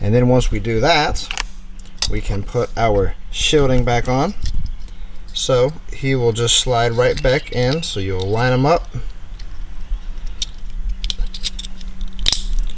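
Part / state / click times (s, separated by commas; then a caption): plastic connector shield onto wiring harness connector / seated / 12.3 s. Someone talks while sliding a plastic shielding cover back over a center console wiring harness connector on an M340i, after re-pinning a white wire into pin 12 of that connector. Small handling clicks and rattles follow the talking, then a sharp snap at 12.3 s as the shield clips into place, seated.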